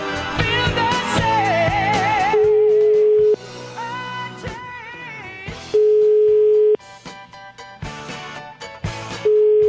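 A phone's ringback tone sounds during an outgoing call, in steady, evenly spaced low beeps, each about a second long, over busy background music that drops in and out between rings.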